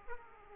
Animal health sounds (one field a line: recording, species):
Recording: mosquito wingbeat signal from an infrared sensor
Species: Aedes aegypti